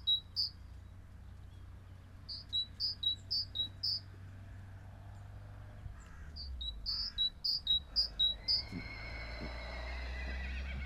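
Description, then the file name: Great tit song: short strophes of see-sawing two-note phrases, a high note dropping to a lower one, repeated rapidly. "acclivity greattit"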